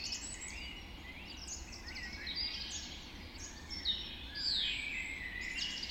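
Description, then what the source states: Dawn chorus: birds singing together at dawn, layered high chirps, trills and thin whistles running continuously over faint background hiss. Dawn chorus recorded just after dawn in the Forest of Dean.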